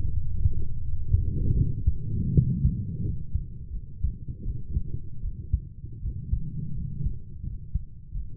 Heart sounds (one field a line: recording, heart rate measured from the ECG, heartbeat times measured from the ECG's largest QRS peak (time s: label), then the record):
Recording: heart sounds by stethoscope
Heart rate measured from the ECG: 82 bpm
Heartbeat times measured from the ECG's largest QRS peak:
0.12 s: heartbeat
0.80 s: heartbeat
1.54 s: heartbeat
2.32 s: heartbeat
3.03 s: heartbeat
3.72 s: heartbeat
4.44 s: heartbeat
5.21 s: heartbeat
6.01 s: heartbeat
6.75 s: heartbeat
7.44 s: heartbeat
8.13 s: heartbeat
From the record:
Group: healthy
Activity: cold pressor test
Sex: female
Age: 22 years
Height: 160 cm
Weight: 63 kg